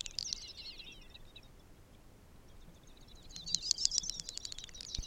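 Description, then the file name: Great snipe giving two short display bouts of high twittering whistles and quick clicks, separated by a quiet gap, with a faint knock at the end. "Dubbelbeckasin"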